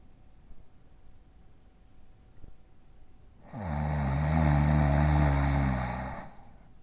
Snoring Male Snore.